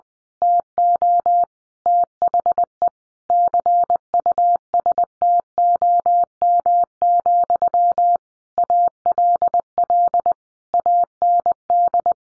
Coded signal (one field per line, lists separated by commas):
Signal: Morse code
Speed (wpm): 20 wpm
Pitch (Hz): 700 Hz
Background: none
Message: TO THE CUSTOM, ALL AND